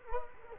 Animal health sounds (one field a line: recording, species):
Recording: mosquito wingbeat signal from an infrared sensor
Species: Culex quinquefasciatus